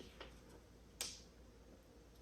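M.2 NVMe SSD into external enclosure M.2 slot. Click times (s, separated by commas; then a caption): 1.0 s. A Samsung 980 500GB M.2 NVMe SSD is inserted at a 45° angle into the M.2 slot of an external USB enclosure and pushed home. A faint tick at 0.2 s is followed by a sharp, bright click at 1.0 s, then quiet. The drive is seated and rests in place without falling out.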